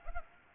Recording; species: mosquito wingbeat signal from an infrared sensor; Aedes aegypti